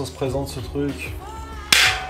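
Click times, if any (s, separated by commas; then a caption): 1.7 s. A plastic accessory is pushed onto a Wolfcraft workbench and snaps in with a sharp click at 1.7 s, seating it in place. Before that, someone talks.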